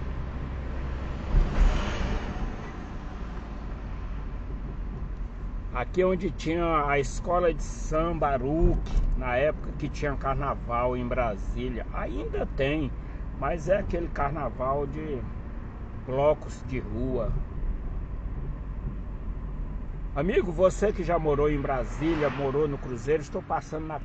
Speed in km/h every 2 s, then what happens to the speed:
34, 29, 26, 28, 30, 30, 32, 33, 30, 26, 23, 17.
0-3 slows to 26. 3-14 steady at about 30. 14-24 slows to 17.